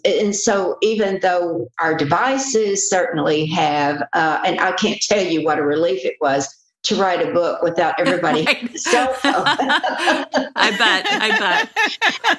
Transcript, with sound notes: so even though our devices certainly have, and I can't tell you what a relief it was to write a book without everybody's cellphones. (laughter)
I bet. I bet.